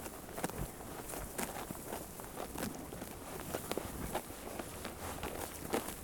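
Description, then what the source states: Sheep munching, short crackly bites several per second, some louder snaps standing out, against a low background rumble. Sheep chewing grass.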